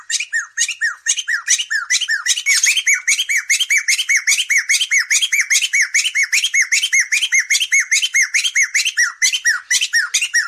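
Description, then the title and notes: Cage bird song of continuous rapid chirping, repeated hooked squawky notes with high buzzy overtones, steady throughout. Masteran, a compilation of training songs for cage birds. "Kumpulan Masteran Burung"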